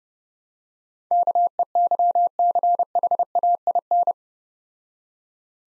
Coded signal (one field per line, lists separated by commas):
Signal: Morse code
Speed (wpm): 28 wpm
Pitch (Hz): 700 Hz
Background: none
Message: KEYCHAIN